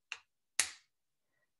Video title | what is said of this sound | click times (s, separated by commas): Copic x Michaels Online Class: Stencil Art and Tape Backgrounds with Shannon Brouk | and then you know that it's firmly in place when you hear a little snap so | 0.6 s